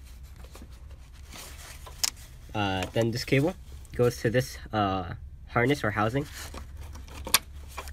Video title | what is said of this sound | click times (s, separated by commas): How To Install & Replace 3-Way Coolant Flow Control Valve Toyota Prius Gen II 2004-2009 - P1121 DTC | hear that snap that click that means it's in place | 7.3 s